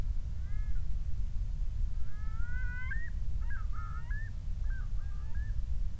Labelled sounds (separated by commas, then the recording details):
loon
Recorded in the Prudhoe Bay oil fields, Alaska, on 28 July 2019 at 05:49
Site 25